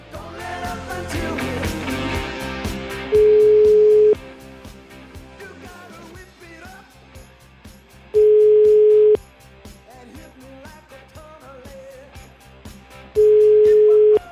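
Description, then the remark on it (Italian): A telephone line tone, from a call being placed to Naples, sounds as three steady, mid-pitched one-second beeps spaced about five seconds apart, standing out loudly over a dense, busy musical background. “Chiama Napoli. Tutto in diretta, eh? Chiama Napoli 081.”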